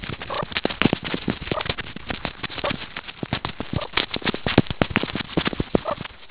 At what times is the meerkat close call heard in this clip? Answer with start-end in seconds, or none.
0.28-0.42, 1.50-1.62, 2.63-2.72, 3.73-3.86, 5.83-5.96